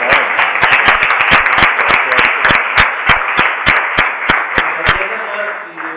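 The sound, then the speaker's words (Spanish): A group at a learning community gathering claps in unison, sharp loud claps falling in a quick, steady rhythm over a dense wash of scattered applause, then stopping abruptly near the end, leaving a faint low hum. “En comunidad de aprendizaje utilizan el aplauso como una nueva definición.”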